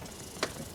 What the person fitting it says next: Heard a small click.